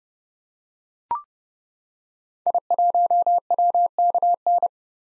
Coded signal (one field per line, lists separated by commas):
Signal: Morse code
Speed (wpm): 30 wpm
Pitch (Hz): 700 Hz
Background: none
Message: I1WKN